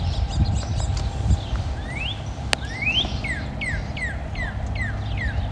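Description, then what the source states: Northern cardinal song: two long rising whistles, then a fast run of short down-slurred notes, against a constant low background hum. Two birds singing in Salem, Massachusetts, on March 3, 2023, at 10:55 a.m.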